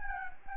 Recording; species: mosquito wingbeat signal from an infrared sensor; Anopheles gambiae